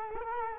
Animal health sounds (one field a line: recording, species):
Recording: mosquito wingbeat signal from an infrared sensor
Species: Culex quinquefasciatus